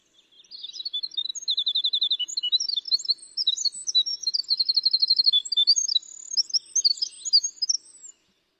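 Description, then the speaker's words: Winter Wren song: a long, rapid, high-pitched tumbling stream of tinkling notes and fast trills, running for about eight seconds without pause, with no other sounds. Flute-like song, played from a tape; the tiniest wren, with a tiny tail. "Let's let everybody listen to this beautiful flute-like sound of the winter wren."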